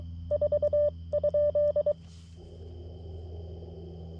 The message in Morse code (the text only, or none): 4?